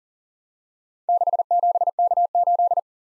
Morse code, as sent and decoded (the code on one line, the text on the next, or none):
-.... --... -.- ---..
67K8